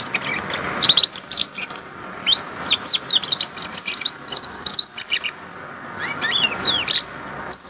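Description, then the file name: Domestic canary singing a quick medley of bright chirps and whistles in bursts, with a short break near two seconds before it resumes. "canarino canto"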